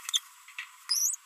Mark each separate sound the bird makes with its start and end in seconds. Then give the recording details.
0.89-1.15. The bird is a female. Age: 27 days. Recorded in a nest box in Venezuela. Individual 17B42B3